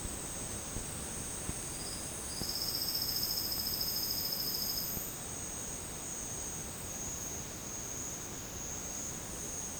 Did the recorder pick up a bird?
no